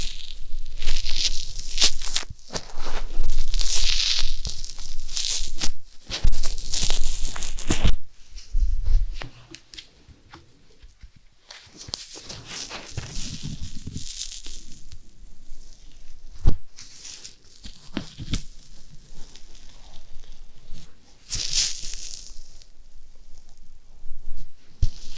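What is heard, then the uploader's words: ASMR ear massage: dense, bright rubbing and crinkly brushing fills the first eight seconds, with soft low thumps underneath. A quieter stretch of muffled handling follows, broken by a sharp click around sixteen seconds and another hissy rubbing burst near twenty-one seconds. ASMR Ear Massage.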